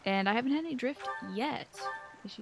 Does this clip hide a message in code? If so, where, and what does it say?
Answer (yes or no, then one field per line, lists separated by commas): no